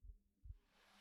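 Two soft, deep thumps of a woman's heartbeat heard with the ear against her chest, steady and regular, a 'toku-n, toku-n' beat, with faint hiss behind.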